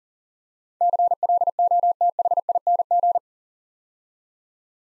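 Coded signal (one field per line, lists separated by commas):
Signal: Morse code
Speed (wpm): 39 wpm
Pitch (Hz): 700 Hz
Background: none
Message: CLOTHING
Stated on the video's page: Morse practice drill at 40 wpm: 8-letter words built up two letters at a time, for instant character recognition.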